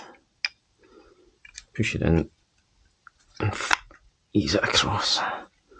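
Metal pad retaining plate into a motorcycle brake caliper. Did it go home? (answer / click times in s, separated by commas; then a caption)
no / none. While new sintered front brake pads are fitted to a CBR 650R motorcycle's brake caliper, the metal pad retaining plate is pushed in and eased across, with a sharp tick at 0.5 s and faint small ticks around 1.5 s and 3.1 s as someone talks. Nothing has seated or clicked yet.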